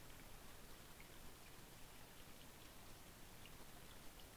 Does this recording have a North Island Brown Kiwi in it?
no